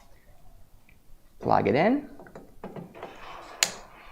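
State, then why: Seated. An expansion battery cable connector is unlocked, then plugged into a portable power station port and pushed home. Someone talks briefly, followed by soft handling noises as the plug goes in. A sharp click at 3.6 s marks the connector seating.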